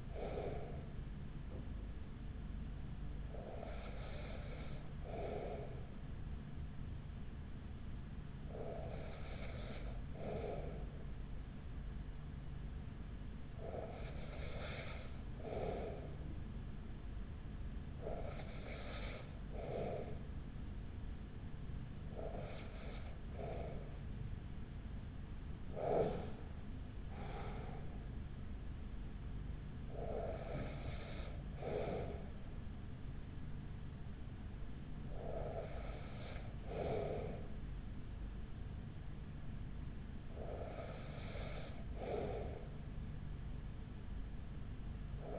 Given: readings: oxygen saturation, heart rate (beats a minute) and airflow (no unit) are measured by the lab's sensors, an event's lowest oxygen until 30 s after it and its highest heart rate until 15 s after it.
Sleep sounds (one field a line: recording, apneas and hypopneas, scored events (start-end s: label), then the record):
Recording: breathing in sleep by a smartphone at the bedside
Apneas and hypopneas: 1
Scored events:
6.00-26.30 s: hypopnea (N1, oxygen 95% highest, then 94% lowest, heart rate 36 at the start, 43 highest)
From the record:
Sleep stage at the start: N1 (lightest sleep)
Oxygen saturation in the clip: 94 to 95%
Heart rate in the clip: 36 to 51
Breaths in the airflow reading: 10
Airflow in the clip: -6.7 to 6.3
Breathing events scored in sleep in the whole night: 207 in 7.6 hours asleep